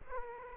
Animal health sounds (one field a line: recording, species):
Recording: mosquito wingbeat signal from an infrared sensor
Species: Aedes aegypti